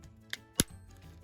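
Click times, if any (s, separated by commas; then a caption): 0.3 s, 0.6 s. The plastic battery cover of a 2017 Honda Jazz key fob is lined up and pressed down over the coin cell into the fob housing. It gives two sharp clicks at 0.3 s and 0.6 s, the second louder and fuller, over quiet background hum. The cover snaps shut and is seated.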